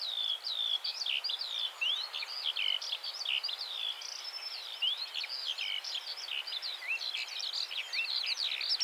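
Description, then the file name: Eurasian skylark song: a continuous, rapid stream of high chirps, trills and slurred whistles, pouring on without pause throughout. "Eurasian Skylark Alauda arvensis"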